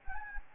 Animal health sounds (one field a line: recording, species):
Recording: mosquito wingbeat signal from an infrared sensor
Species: Anopheles gambiae